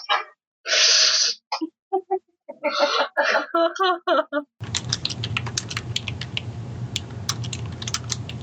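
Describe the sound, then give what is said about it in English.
Rapid, irregular clicking of computer keys over a steady low hum, preceded by a run of sharp, noisy bursts and a loud sneeze-like blast. “Oh no, he's typing something.”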